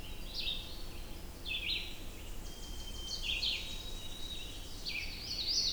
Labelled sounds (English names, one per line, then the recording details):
Red-eyed Vireo song
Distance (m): 30 m
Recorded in boreal forest in Alberta, Canada, on 21 June 2016 at 06:04
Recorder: SongMeter 3, array SBT-6-81
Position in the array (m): 45 m, 210 m